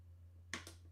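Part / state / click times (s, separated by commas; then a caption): memory or expansion module into motherboard slot / seated / 0.5 s. A memory or expansion module is pushed flush into its motherboard slot on a PC board, giving a sharp click at 0.5 s and a fainter second tick at 0.7 s over a steady low hum. The module clicks into the slot and is seated, though it doesn't stay in, so whether it holds is uncertain.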